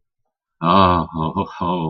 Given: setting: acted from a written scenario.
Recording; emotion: vocal sound without words; ecstasy